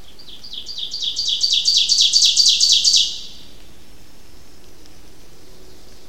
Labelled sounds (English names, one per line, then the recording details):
Ovenbird song
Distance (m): 10 m
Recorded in boreal forest in Alberta, Canada, on 28 May 2016 at 07:28
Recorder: SongMeter 3, array SBT-3-49
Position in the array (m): 85 m, 154 m
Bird 15